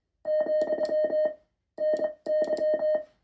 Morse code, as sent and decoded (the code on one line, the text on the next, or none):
--..-- / -. -.--
, NY